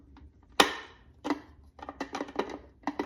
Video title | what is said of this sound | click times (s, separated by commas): How to develop film at home (black and white) | and then twist it till it clicks. | 0.6 s